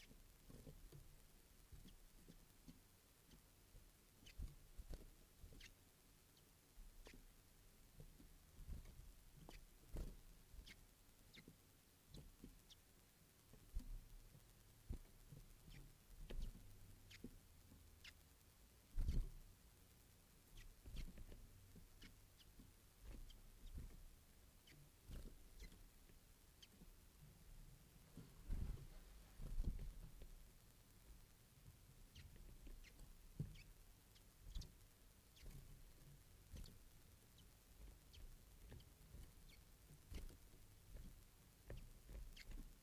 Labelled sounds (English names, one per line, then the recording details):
Western Bonelli's Warbler begging call
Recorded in captivity
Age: juvenile
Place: Zoologisches Institut Universität Tübingen, Baden-Württemberg, DE
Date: 1970-06-28 18:45
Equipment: Nagra III PH, MD211, DP26
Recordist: Killmaier and Stumbrat